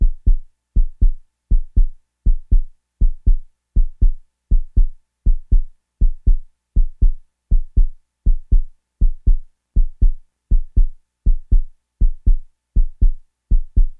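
A steady, deep lub-dub heartbeat of about 80 beats a minute, each beat a clear pair of low thumps with an even rhythm. It is a sound effect of a fast heartbeat with no background noise.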